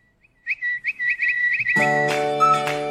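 A quick run of high, bright bird-like chirps tweets in a bouncy rhythm, then a full, sustained musical chord swells in and carries the jingle to the end.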